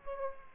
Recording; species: mosquito wingbeat signal from an infrared sensor; Aedes aegypti